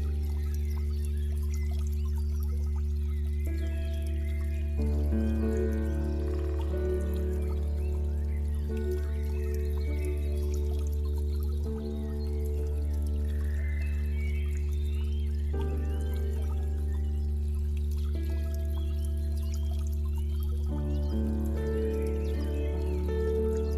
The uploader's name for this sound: NATURE SOUNDS and RELAXING Music